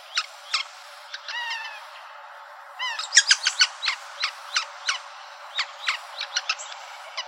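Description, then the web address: Red-naped sapsucker giving downslurred calls, first spaced, then a faster irregular run of sharp notes, several per second. "Woodpeckers RNSA"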